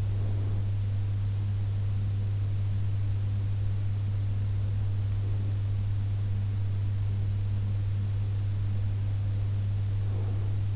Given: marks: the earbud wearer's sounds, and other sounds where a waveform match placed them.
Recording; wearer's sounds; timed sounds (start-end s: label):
sounds in sleep by an in-ear microphone; breath
0.00-0.81 s: breath
10.00-10.76 s: breath